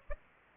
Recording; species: mosquito wingbeat signal from an infrared sensor; Aedes aegypti